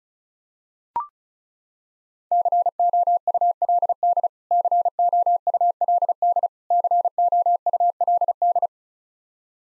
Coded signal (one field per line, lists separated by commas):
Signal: Morse code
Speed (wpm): 34 wpm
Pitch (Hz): 700 Hz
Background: none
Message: COULD COULD COULD